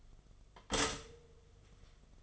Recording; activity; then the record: daily activity, microphone in the room; stop toaster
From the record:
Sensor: 4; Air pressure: 1015.5 hPa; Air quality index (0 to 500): 201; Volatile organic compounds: 10 ppm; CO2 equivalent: 2239 ppm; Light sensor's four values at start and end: 4/9/3/3 and 4/8/3/3